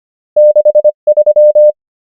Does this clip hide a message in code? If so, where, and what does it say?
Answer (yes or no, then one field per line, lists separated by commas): yes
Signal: Morse code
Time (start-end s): 0.4-1.7 s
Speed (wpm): 25 wpm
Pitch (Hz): 600 Hz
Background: none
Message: 6 3